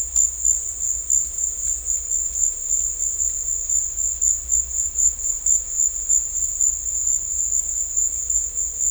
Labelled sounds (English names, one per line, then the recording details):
none
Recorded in dense forest near Puerto Asís, Putumayo, Colombia, on 16 December 2024 at 16:00
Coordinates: 0.500, -76.322
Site G053